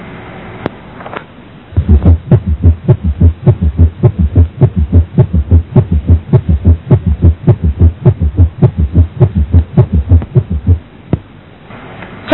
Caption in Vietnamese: Trong suy tâm thất cấp hoặc lưu lượng máu qua van nhĩ rất nhiều, tạo nên tiếng thứ ba bệnh lý và được gọi là tiếng ngựa phi. Tiếng ngựa phi nghe rõ ở mỏm hoặc trong mỏm dọc xứ trái, âm sắc trầm ngắn, cách tiếng thứ hai từ 12-18% giây.